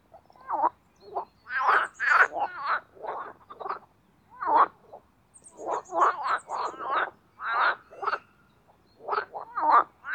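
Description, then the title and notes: Marsh frog chorus of rattling croaks and bubbling trills, many overlapping calls in bursts with short pauses, faint high chirps now and then. Spring mating chorus in an artificial pond created for water activities at Parc Chédeville, Oise, after a cold night. "au Parc Chédeville dans l'Oise. des grenouilles rieuses"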